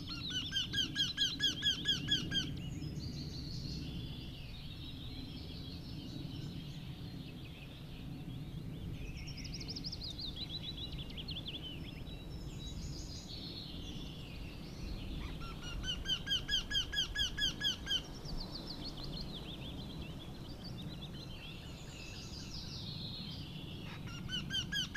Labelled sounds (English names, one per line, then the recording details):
Eurasian Wryneck song
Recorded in the wild
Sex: male
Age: adult
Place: Schönow, Naturpark Barnim, Brandenburg, DE
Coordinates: 52.6954, 13.505
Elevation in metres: 68
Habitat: coniferous forest
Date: 2014-04-27
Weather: cloudy, 10°C, windless
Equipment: Sound Devices 702, Sennheiser MKH 70, Rycote Windschutz
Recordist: Frommolt, Karl-Heinz